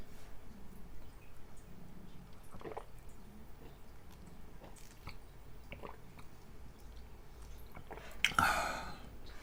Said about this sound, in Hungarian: Közben Balázs kiváltotta a hidratálást, úgyhogy iszok egy kis vizet.